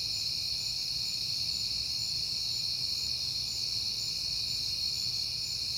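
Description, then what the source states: Crickets trilling together in an even, high-pitched drone, steady from start to finish, with a faint low hum beneath. Crickets recorded at night in September on a peaceful night.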